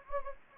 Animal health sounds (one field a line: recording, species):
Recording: mosquito wingbeat signal from an infrared sensor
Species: Anopheles gambiae